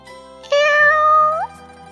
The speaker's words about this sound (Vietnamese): Lúc ấy, chợt mèo đen kêu một tiếng, thu chân quay đầu lại.